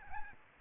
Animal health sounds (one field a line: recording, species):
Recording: mosquito wingbeat signal from an infrared sensor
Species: Aedes albopictus